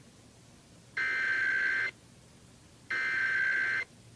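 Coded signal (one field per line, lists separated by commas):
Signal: Emergency Alert System (SAME) tones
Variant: header bursts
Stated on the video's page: Iowa monthly test originated from a radio station and relayed to all Iowa radio and TV stations.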